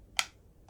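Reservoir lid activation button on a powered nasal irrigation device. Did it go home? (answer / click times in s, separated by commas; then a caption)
yes / 0.2 s. The plastic lid of a Navage powered nasal irrigator's water reservoir, already filled with water, is pressed almost halfway closed, and the small activation button on the lid gives one sharp, bright click at 0.2 s. A much fainter, softer tick follows around 0.7 s. The button has clicked as intended.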